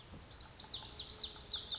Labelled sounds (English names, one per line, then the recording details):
Lazuli Bunting
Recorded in Sonoma County, California